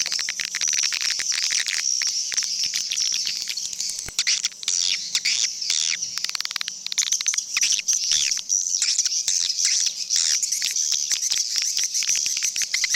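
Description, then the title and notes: Swiftlets in a busy chorus of shrill twitters and squeaky chirps, punctuated by rapid dry clicks throughout. Associated with swiftlet farming in Asia. "Swiflet Bird Sound. Farming Swiflet Bird asia sound"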